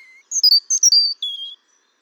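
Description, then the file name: European robin giving a short phrase of thin, high whistled notes that jump between pitches, some sliding downward, ending on a lower sustained note. "Erithacus rubecula"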